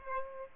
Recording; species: mosquito wingbeat signal from an infrared sensor; Aedes aegypti